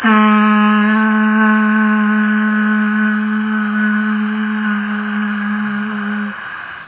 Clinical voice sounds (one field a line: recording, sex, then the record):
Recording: sustained vowel /a/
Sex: female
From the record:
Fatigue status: no fatigue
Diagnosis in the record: COVID-19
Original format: 3gp